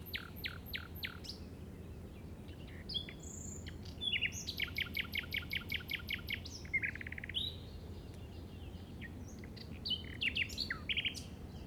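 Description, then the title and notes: Common nightingale song: rapid repeated notes, then varied phrases including a long fast trill of buzzy strokes and sharp whistles, over a low steady background rumble. Recorded in the Llobregat Delta at 06:00 on 8 May 2015 with a Zoom recorder. "Grabación de ruiseñor común (Luscinia megarhynchos) en el Delta del Llobregat a las 06:00 del 08/05/2015."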